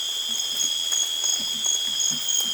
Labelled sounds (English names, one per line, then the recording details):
none
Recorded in dense forest near Puerto Asís, Putumayo, Colombia, on 25 June 2025 at 00:00
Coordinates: 0.484, -76.325
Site H65